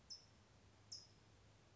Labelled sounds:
California Towhee
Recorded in Sonoma County, California

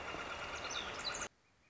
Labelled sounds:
Northern Flicker
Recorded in Sonoma County, California

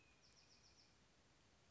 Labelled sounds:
Bewick's Wren
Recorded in Sonoma County, California

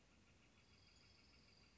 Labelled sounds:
Northern Flicker
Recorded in Sonoma County, California

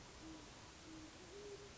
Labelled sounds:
Great Horned Owl
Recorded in Sonoma County, California

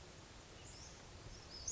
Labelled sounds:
Western Flycatcher
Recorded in Sonoma County, California

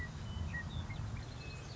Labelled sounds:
Western Meadowlark
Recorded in Sonoma County, California

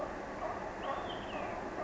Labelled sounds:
Olive-sided Flycatcher
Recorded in Sonoma County, California

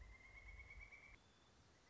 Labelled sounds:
Pileated Woodpecker
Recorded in Sonoma County, California

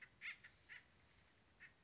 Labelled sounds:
Acorn Woodpecker
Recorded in Sonoma County, California

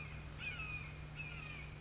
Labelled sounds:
Red-shouldered Hawk
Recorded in Sonoma County, California

